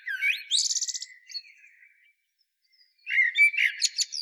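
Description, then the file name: Common blackbird song: a warbled phrase with a fast, high rattling twitter, a short silence, then a second phrase with squeaky notes. "Turdus merula"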